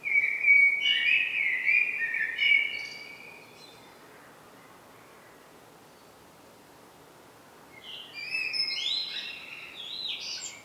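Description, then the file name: Eurasian blackbird with a fluty warbled phrase, a long quiet gap, then a scratchy, high twittering phrase. "Turdus merula"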